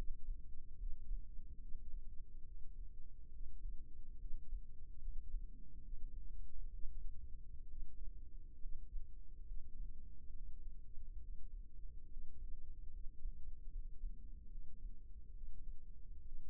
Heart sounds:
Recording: heart sounds by microphone in the left ear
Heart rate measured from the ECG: 70 bpm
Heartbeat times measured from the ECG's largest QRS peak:
0.79 s: heartbeat
1.61 s: heartbeat
2.46 s: heartbeat
3.33 s: heartbeat
4.21 s: heartbeat
5.02 s: heartbeat
5.84 s: heartbeat
6.72 s: heartbeat
7.69 s: heartbeat
8.62 s: heartbeat
9.48 s: heartbeat
10.33 s: heartbeat
11.21 s: heartbeat
12.10 s: heartbeat
12.94 s: heartbeat
13.72 s: heartbeat
14.50 s: heartbeat
15.34 s: heartbeat
16.25 s: heartbeat
From the record:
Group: healthy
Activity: rest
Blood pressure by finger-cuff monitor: 88/57 mmHg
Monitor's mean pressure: 67 mmHg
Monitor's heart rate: 70 bpm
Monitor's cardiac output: 6.3 L/min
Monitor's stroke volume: 91 mL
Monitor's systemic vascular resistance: 760 dyn s/cm5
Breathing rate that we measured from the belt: 14 breaths a minute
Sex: male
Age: 22 years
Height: 181 cm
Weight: 79 kg

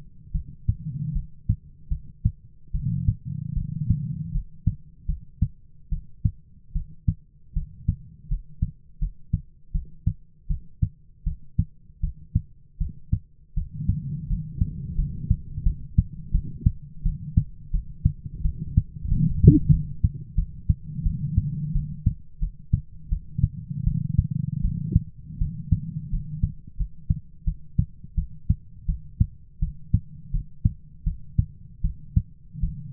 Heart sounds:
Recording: heart sounds by stethoscope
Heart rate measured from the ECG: 82 bpm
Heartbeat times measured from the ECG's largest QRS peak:
0.33 s: heartbeat
1.13 s: heartbeat
1.89 s: heartbeat
2.72 s: heartbeat
3.55 s: heartbeat
4.32 s: heartbeat
5.07 s: heartbeat
5.90 s: heartbeat
6.73 s: heartbeat
7.54 s: heartbeat
8.28 s: heartbeat
8.99 s: heartbeat
9.72 s: heartbeat
10.48 s: heartbeat
11.24 s: heartbeat
12.01 s: heartbeat
12.78 s: heartbeat
13.55 s: heartbeat
14.28 s: heartbeat
14.96 s: heartbeat
15.64 s: heartbeat
16.32 s: heartbeat
17.03 s: heartbeat
17.71 s: heartbeat
18.43 s: heartbeat
19.09 s: heartbeat
19.70 s: heartbeat
20.36 s: heartbeat
21.04 s: heartbeat
21.73 s: heartbeat
22.40 s: heartbeat
23.09 s: heartbeat
23.85 s: heartbeat
24.62 s: heartbeat
25.39 s: heartbeat
26.10 s: heartbeat
26.77 s: heartbeat
27.45 s: heartbeat
28.16 s: heartbeat
28.86 s: heartbeat
29.60 s: heartbeat
30.31 s: heartbeat
31.04 s: heartbeat
31.82 s: heartbeat
32.61 s: heartbeat
From the record:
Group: healthy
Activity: rest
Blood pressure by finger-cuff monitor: 140/87 mmHg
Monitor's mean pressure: 106 mmHg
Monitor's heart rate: 83 bpm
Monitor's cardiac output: 7.1 L/min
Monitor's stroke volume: 87 mL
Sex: female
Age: 22 years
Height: 161 cm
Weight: 65.5 kg

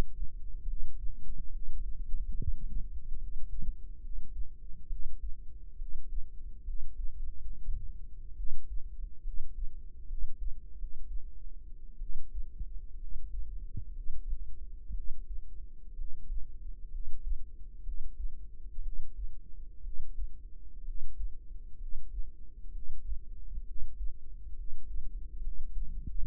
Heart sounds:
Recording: heart sounds by microphone in the right ear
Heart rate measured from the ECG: 66 bpm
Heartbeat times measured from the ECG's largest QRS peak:
0.63 s: heartbeat
1.49 s: heartbeat
2.34 s: heartbeat
3.16 s: heartbeat
3.99 s: heartbeat
4.86 s: heartbeat
5.75 s: heartbeat
6.62 s: heartbeat
7.14 s: heartbeat
8.35 s: heartbeat
9.21 s: heartbeat
10.05 s: heartbeat
10.74 s: heartbeat
11.97 s: heartbeat
12.96 s: heartbeat
13.90 s: heartbeat
14.92 s: heartbeat
15.93 s: heartbeat
16.88 s: heartbeat
17.81 s: heartbeat
18.80 s: heartbeat
19.80 s: heartbeat
20.82 s: heartbeat
21.75 s: heartbeat
22.69 s: heartbeat
23.62 s: heartbeat
24.52 s: heartbeat
25.38 s: heartbeat
26.20 s: heartbeat
From the record:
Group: healthy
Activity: cold pressor test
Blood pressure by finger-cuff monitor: 107/73 mmHg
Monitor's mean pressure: 79 mmHg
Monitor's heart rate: 67 bpm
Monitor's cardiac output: 5.1 L/min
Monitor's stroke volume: 77 mL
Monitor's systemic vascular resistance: 1050 dyn s/cm5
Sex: female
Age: 22 years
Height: 171 cm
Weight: 65.6 kg

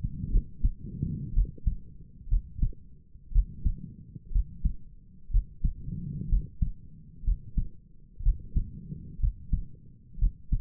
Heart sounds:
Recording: heart sounds by stethoscope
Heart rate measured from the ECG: 61 bpm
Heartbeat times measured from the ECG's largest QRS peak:
0.30 s: heartbeat
1.34 s: heartbeat
2.29 s: heartbeat
3.32 s: heartbeat
4.32 s: heartbeat
5.31 s: heartbeat
6.29 s: heartbeat
7.24 s: heartbeat
8.23 s: heartbeat
9.20 s: heartbeat
10.19 s: heartbeat
From the record:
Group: healthy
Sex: female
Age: 28 years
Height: 170 cm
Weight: 77 kg

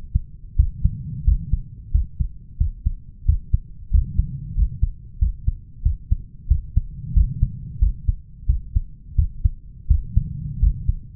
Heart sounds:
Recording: heart sounds by stethoscope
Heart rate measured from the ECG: 90 bpm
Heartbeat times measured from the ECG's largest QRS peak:
0.58 s: heartbeat
1.27 s: heartbeat
1.94 s: heartbeat
2.60 s: heartbeat
3.27 s: heartbeat
3.93 s: heartbeat
4.57 s: heartbeat
5.21 s: heartbeat
5.85 s: heartbeat
6.50 s: heartbeat
7.16 s: heartbeat
7.81 s: heartbeat
8.49 s: heartbeat
9.18 s: heartbeat
9.90 s: heartbeat
10.62 s: heartbeat
From the record:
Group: healthy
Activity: rest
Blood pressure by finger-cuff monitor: 151/89 mmHg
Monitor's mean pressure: 107 mmHg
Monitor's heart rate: 90 bpm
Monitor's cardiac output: 7.3 L/min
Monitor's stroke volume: 81 mL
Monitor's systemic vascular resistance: 1090 dyn s/cm5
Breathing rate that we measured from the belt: 19 breaths a minute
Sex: male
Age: 21 years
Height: 175 cm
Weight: 72.6 kg

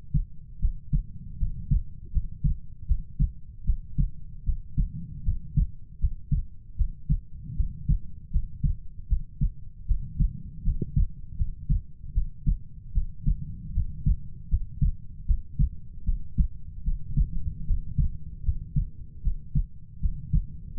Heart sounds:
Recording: heart sounds by stethoscope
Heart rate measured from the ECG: 77 bpm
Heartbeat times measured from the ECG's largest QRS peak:
0.59 s: heartbeat
1.37 s: heartbeat
2.11 s: heartbeat
2.86 s: heartbeat
3.64 s: heartbeat
4.44 s: heartbeat
5.23 s: heartbeat
5.98 s: heartbeat
6.76 s: heartbeat
7.55 s: heartbeat
8.30 s: heartbeat
9.07 s: heartbeat
9.86 s: heartbeat
10.63 s: heartbeat
11.36 s: heartbeat
12.12 s: heartbeat
12.92 s: heartbeat
13.72 s: heartbeat
14.48 s: heartbeat
15.25 s: heartbeat
16.04 s: heartbeat
16.83 s: heartbeat
17.65 s: heartbeat
18.43 s: heartbeat
19.22 s: heartbeat
20.00 s: heartbeat
20.73 s: heartbeat
From the record:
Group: healthy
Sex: female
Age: 19 years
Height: 163 cm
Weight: 48.9 kg

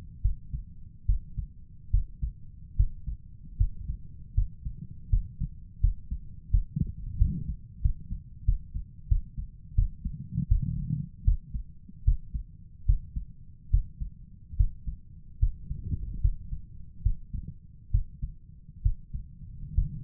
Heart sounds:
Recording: heart sounds by stethoscope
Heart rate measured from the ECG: 77 bpm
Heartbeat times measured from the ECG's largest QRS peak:
0.22 s: heartbeat
1.06 s: heartbeat
1.91 s: heartbeat
2.76 s: heartbeat
3.57 s: heartbeat
4.34 s: heartbeat
5.10 s: heartbeat
5.80 s: heartbeat
6.50 s: heartbeat
7.18 s: heartbeat
7.81 s: heartbeat
8.45 s: heartbeat
9.08 s: heartbeat
9.75 s: heartbeat
10.48 s: heartbeat
11.24 s: heartbeat
12.04 s: heartbeat
12.85 s: heartbeat
13.70 s: heartbeat
14.56 s: heartbeat
15.39 s: heartbeat
16.21 s: heartbeat
17.02 s: heartbeat
17.91 s: heartbeat
18.82 s: heartbeat
19.74 s: heartbeat
From the record:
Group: healthy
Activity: rest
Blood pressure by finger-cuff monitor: 99/59 mmHg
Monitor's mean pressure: 74 mmHg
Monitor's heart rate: 73 bpm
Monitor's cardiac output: 6.3 L/min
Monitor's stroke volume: 83 mL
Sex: male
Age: 35 years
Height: 178 cm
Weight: 64 kg

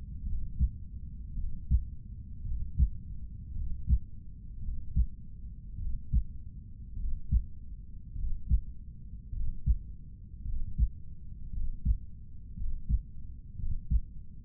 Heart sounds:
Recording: heart sounds by stethoscope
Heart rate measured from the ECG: 54 bpm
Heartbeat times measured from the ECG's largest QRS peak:
0.26 s: heartbeat
1.37 s: heartbeat
2.45 s: heartbeat
3.55 s: heartbeat
4.62 s: heartbeat
5.79 s: heartbeat
6.98 s: heartbeat
8.16 s: heartbeat
9.33 s: heartbeat
10.45 s: heartbeat
11.53 s: heartbeat
12.57 s: heartbeat
13.58 s: heartbeat
From the record:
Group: healthy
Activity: breath hold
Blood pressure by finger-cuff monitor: 135/81 mmHg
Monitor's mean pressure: 97 mmHg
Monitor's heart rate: 53 bpm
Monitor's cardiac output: 6.4 L/min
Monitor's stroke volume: 121 mL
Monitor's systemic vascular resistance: 1120 dyn s/cm5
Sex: male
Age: 30 years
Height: 188 cm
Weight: 110.2 kg

